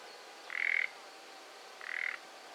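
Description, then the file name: Common nightingale giving two short, harsh croaking notes a little over a second apart, the second softer. "Luscinia megarhynchos"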